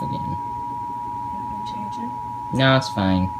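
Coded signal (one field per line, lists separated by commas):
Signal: Emergency Alert System (SAME) tones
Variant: 853 and 960 Hz attention tone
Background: speech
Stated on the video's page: Real EAS activation during a severe thunderstorm with lightning.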